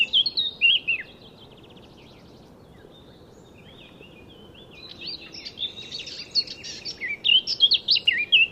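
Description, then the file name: Eurasian blackcap singing: a brief warbled phrase, a pause of several seconds, then a longer burst of fast twittering and whistled notes. "Sylvia atricapilla"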